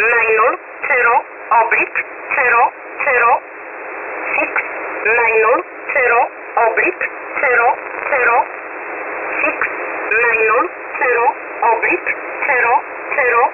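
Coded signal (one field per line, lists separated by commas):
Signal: numbers station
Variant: E11 Oblique, English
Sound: female-like voice on radio reading short single digits and 'oh', evenly spaced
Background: radio static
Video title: E11 Oblique 02/10/2023 1045 UTC 10200kHz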